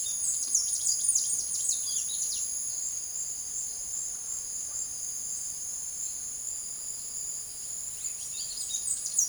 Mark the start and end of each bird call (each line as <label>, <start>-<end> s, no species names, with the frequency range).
bird call (1.8-10.1 kHz), 0.00-2.45 s
bird call (2.1-10.0 kHz), 8.07-9.28 s